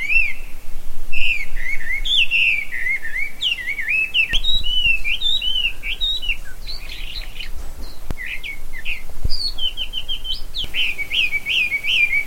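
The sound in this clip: Bird song: continuous busy warbling with rolling whistles, chirps and trills, a few sharp clicks scattered through.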